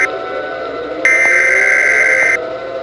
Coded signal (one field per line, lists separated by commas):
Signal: Emergency Alert System (SAME) tones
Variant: header bursts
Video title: EAS Scenario: Eyes in the sky